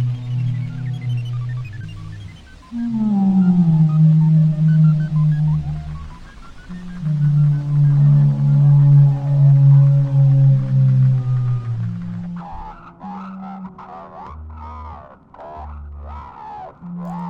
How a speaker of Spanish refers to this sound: Hay una ballena que no puede escuchar la llamada de las demás ni ser escuchada. No puede comunicarse con otras ballenas porque emite su canto en 52 hercios, una frecuencia que las otras ballenas simplemente no pueden escuchar.